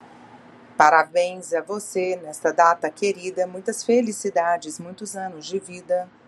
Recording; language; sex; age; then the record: short text; Brazilian Portuguese; female; 40 to 49 years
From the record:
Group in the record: control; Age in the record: 48 years